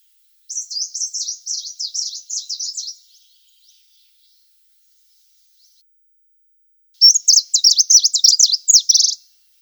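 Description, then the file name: Tickell's leaf warbler song: two high, fast twittering phrases of rapid up-and-down notes, each lasting over two seconds, separated by a long pause. "Penochka zheltobrjuhaja"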